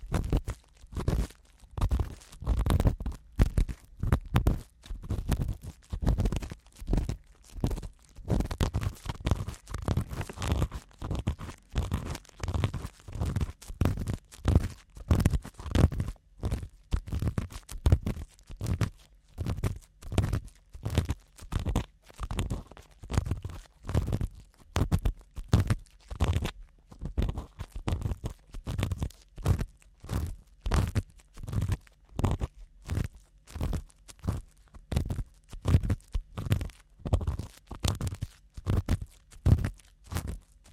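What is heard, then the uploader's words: Ear cleaning sounds without any talking: a dense, steady run of short scratchy, crunchy bursts, several each second, with deep muffled thumps underneath. The strokes hold an even pace throughout, a little fuller and louder in the first fifteen seconds. ASMR Ear Cleaning (No Talking).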